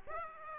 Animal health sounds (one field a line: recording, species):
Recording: mosquito wingbeat signal from an infrared sensor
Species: Aedes aegypti